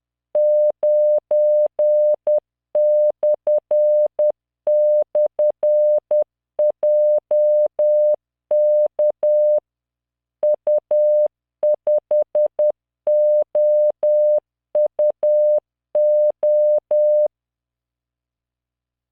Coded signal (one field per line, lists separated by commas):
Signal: Morse code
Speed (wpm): 10 wpm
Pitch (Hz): 600 Hz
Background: none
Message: 9//JK U5OUO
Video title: tamanのモールス練習動画93（モールス信号 速度10WPM morse code)